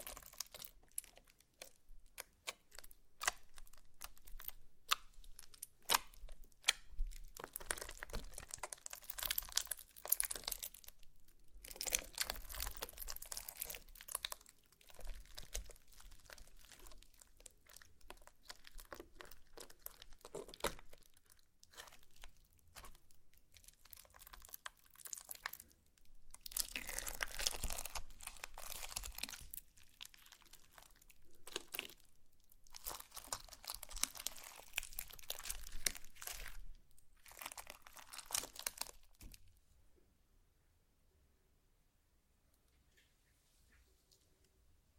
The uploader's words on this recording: ASMR SLIME! 5 Satisfying Slimes.